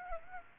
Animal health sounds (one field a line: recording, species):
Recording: mosquito wingbeat signal from an infrared sensor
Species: Aedes aegypti